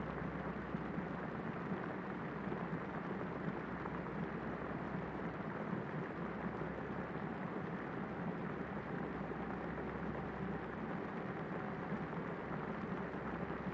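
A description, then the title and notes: A dense, steady hiss like rain or static fills the whole clip at an unchanging level, weighted toward the low and middle range. Beneath it, faint sustained tones suggest atmospheric music, mostly buried under the constant wash. Peaceful Piano Music with Rain Sounds. Soft repetitive piano over moving atmospheric ambient music underneath a sound that is either static or rain depending on how you hear it.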